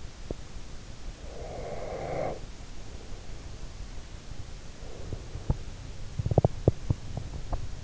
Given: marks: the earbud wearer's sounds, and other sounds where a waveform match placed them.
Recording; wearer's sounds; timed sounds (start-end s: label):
sounds in sleep by an in-ear microphone; teeth grinding, breath
0.15-0.50 s: teeth grinding
1.10-2.39 s: breath
4.44-6.87 s: breath
5.02-7.84 s: teeth grinding